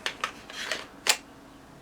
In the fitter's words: It goes in, but not all the way. It doesn't click in.